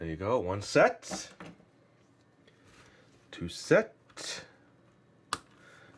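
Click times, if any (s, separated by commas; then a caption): 5.3 s. Someone talks while the second wheel-and-axle set from a 1979 Mattel Master Caster Formula 1 mold-your-own-car kit is pressed into the molded plastic toy car body. A single sharp snap is heard at 5.3 s as the wheel set seats in place.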